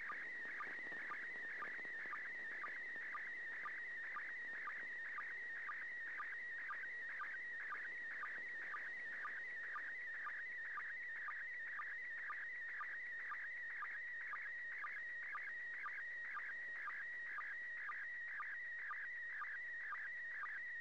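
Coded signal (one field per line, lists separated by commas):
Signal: SSTV (slow-scan television)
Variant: PD120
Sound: warbling tone around 2 kHz with short low sync blips twice a second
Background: radio static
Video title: 31st First Pass.Slow Scan Television (SSTV) images transmitted from the International Space Station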